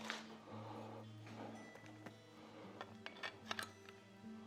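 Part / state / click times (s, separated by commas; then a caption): clip-on fitting of a homemade paint booth / not seated / none. A clip-on part of a homemade paint booth is handled and positioned while it is being built. Over a steady, music-like tonal background, a few short, faint ticks are heard around 3.0–3.6 seconds. The part has not snapped into place yet, and nothing has seated or clicked.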